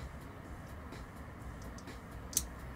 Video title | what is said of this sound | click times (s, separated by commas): Building the RX-78-2 Gundam MG Version 3.0. Part 1. | Oh, it clicked in this. | 2.4 s